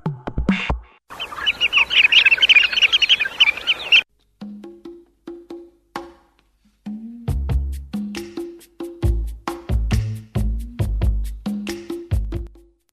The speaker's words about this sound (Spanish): Y continuamos con esto del canto de las aves.